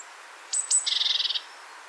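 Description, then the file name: Great tit call: two thin, very high notes, then a dry rattling churr of about ten rapid pulses. "Parus major"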